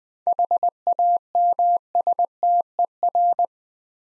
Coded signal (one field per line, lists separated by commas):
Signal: Morse code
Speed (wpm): 20 wpm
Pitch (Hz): 700 Hz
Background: none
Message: HAMSTER